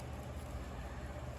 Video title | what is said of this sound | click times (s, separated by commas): Mystery Mech Monday! Mystery Ballerz Mech Botz! Ball 5138! | The head doesn't seem to lock into place, though. | none